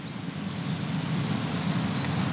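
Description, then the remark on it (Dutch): A faint, steady rasping chirr of a small brown field grasshopper stridulating to the right, made of quick repeated high-pitched pulses, runs throughout beneath a constant low rumbling hum. “Ja, hier rechts hoor ik nog die ratelaar.”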